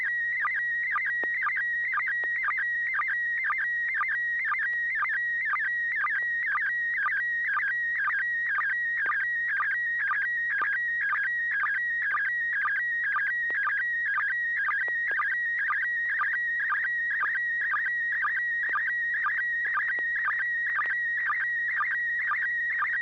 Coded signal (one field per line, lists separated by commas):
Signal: SSTV (slow-scan television)